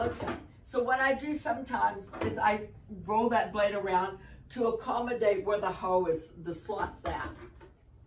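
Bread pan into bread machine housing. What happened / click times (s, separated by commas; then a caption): Handled, not yet home: pan not yet snapped into machine / none. Someone talks while rotating the kneading blade to line up with the slots and handling the metal bread pan over the bread machine housing, preparing to push it down. A faint, brief sound comes near 7.6 s, but the pan has not snapped into place or seated yet when the clip ends.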